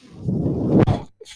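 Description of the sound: A single breathy whoosh of pushed air with a low hum underneath lasts about a second, then cuts off, followed by a short soft click and a faint hiss. It is a home mechanical ventilator delivering a breath.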